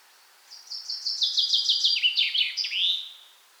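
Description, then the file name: Common chaffinch song: a single bright phrase of quick notes stepping downward in pitch, ending in a flourish. "Fringilla coelebs"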